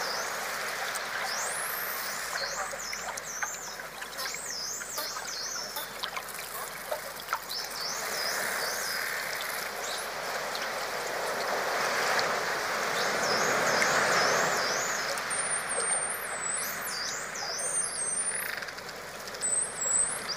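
Dolphins whistle in bright, wavering rising-and-falling calls that repeat throughout, crowding together near the end, over a steady murky underwater hiss.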